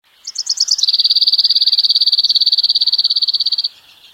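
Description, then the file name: Common chaffinch song: a few quick high introductory notes, then a long even trill of rapid identical notes lasting nearly three seconds before stopping abruptly. "Fringilla coelebs"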